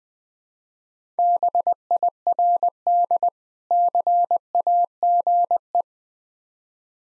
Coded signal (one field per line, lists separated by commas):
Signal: Morse code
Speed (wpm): 20 wpm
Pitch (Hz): 700 Hz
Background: none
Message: BIRD CAGE